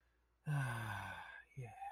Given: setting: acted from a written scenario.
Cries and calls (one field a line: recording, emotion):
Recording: vocal sound without words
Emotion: sympathy